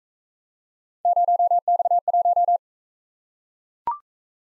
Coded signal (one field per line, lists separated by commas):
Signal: Morse code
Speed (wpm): 41 wpm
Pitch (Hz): 700 Hz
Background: none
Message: 0X1